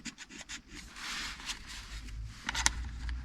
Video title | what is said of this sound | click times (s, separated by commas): Présentation Dashcam LAMTTO DC22 Vue en Direct à Distance | Et après vous voyez ça se clipse en fait comme ceci là. | 2.7 s